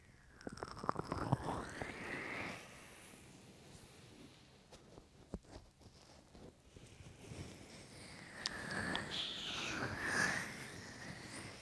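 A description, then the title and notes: Lotion rubbed and massaged over an ear gives a wet, squishy rubbing that swells and fades. Two denser stretches of slick friction, from the start to about 2.5 seconds and again from 8.5 to 11 seconds, frame a quieter middle with scattered soft taps and clicks. ASMR Ear Lotion Ear Massage Ear Cupping.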